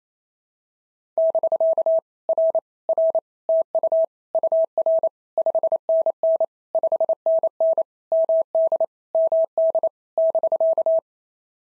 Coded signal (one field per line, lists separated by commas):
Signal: Morse code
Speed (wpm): 27 wpm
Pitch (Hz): 650 Hz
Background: none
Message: <BK> R R TU UR 5NN 5NN MD MD <BK>